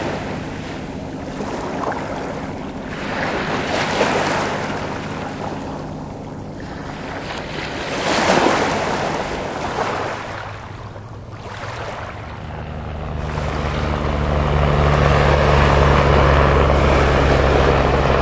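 Waves wash onto the shore in slow surges, swelling around four, eight and eleven seconds before easing back. A low, steady engine drone runs underneath, growing heavier from about twelve seconds on, like a passing boat.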